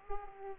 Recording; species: mosquito wingbeat signal from an infrared sensor; Aedes aegypti